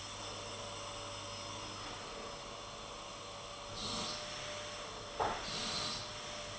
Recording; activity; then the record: daily activity, microphone in the room; vacuum cleaning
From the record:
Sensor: 4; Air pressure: 989.5 hPa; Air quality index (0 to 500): 216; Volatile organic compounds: 67 ppm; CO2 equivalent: 3493 ppm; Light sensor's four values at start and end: 26/91/33/35 and 26/91/33/35